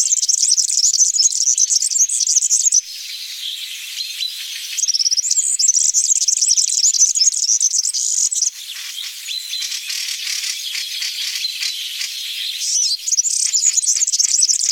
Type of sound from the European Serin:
song